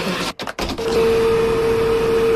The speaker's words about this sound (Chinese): 站在客厅里，记者听到低沉的嗡嗡声好像从四面八方传来。